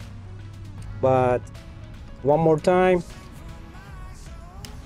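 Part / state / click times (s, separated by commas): rotary pellet magazine into air rifle breech / seated / 4.6 s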